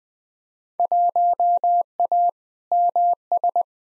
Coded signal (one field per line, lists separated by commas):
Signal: Morse code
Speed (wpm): 20 wpm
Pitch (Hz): 700 Hz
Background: none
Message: 1A MS